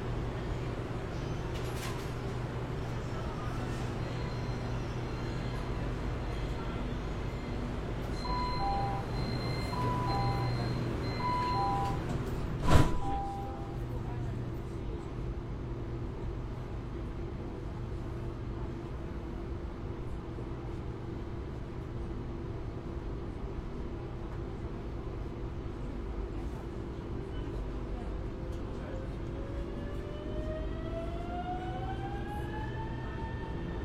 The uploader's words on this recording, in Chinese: Cooling in Metro, Shenzhen。深圳地铁冷气开得很足。那天下午三四点的样子，我从地铁 1 号线鲤鱼门站上车。地铁里没什么人，很干净，很凉快，然后录下了这段音频。